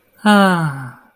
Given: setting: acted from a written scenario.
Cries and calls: vocal sound without words; contentment

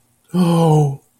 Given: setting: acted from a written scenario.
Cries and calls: vocal sound without words; guilt

